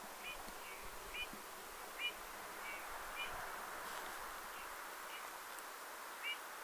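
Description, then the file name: Eurasian bullfinch producing faint, brief piping whistles, several spaced irregularly throughout, amid steady background noise. "Pyrrhula pyrrhula"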